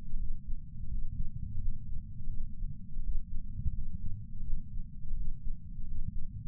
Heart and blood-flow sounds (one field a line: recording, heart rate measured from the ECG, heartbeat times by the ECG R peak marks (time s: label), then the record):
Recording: heart sounds by patch sensor on the chest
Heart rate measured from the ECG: 85 bpm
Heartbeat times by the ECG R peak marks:
0.17 s: heartbeat
0.87 s: heartbeat
1.59 s: heartbeat
2.30 s: heartbeat
3.00 s: heartbeat
3.71 s: heartbeat
4.43 s: heartbeat
5.14 s: heartbeat
5.84 s: heartbeat
From the record:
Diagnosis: coronary artery disease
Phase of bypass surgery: postoperative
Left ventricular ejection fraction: 60.1%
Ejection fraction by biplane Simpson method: 55.9%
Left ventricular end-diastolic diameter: 44 mm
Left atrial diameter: 30 mm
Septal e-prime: 4.8 cm/s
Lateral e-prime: 11.2 cm/s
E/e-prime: 10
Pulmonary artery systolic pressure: 23 mmHg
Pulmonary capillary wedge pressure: 10 mmHg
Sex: male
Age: 75 years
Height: 167 cm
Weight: 58 kg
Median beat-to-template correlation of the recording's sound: 0.77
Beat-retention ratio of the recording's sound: 1.00